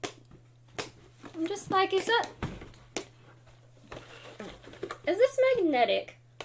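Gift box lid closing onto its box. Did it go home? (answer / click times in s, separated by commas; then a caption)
no / none. Someone talks while handling the lid of a gift hamper box, with a few brief sharp taps and knocks between the words. The lid has not yet snapped shut, and nothing has clicked or seated by the end of the clip.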